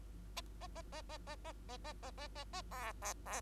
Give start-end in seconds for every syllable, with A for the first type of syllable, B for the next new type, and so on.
0.36-0.41 A, 0.61-0.67 A, 0.75-0.82 A, 0.92-1.02 A, 1.09-1.18 A, 1.27-1.36 A, 1.45-1.52 A, 1.69-1.77 A, 1.84-1.93 A, 2.02-2.11 A, 2.18-2.28 A, 2.35-2.44 A, 2.53-2.62 A, 2.71-2.92 B, 3.02-3.13 B, 3.26-3.41 B